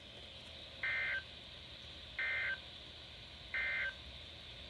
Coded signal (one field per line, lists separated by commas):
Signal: Emergency Alert System (SAME) tones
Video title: Flooding Madness part 4 EAS#354-379 from 11/8/20 - 11/10/20